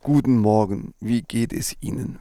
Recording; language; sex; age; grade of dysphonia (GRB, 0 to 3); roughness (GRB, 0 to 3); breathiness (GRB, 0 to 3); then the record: spoken sentence; German; male; 40 to 49 years; 0; 0; 0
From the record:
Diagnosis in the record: dysarthrophonia, central laryngeal movement disorder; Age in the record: 49 years